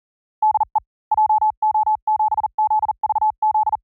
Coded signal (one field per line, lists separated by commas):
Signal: Morse code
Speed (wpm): 40 wpm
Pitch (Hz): 860 Hz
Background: none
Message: DE JO7ZVZ